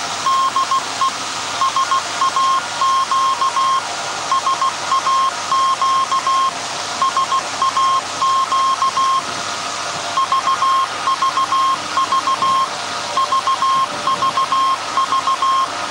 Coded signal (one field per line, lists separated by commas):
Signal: Morse code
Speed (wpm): 16 wpm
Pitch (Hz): 1070 Hz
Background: none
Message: DE SAQ SAQ SAQ VVV VVV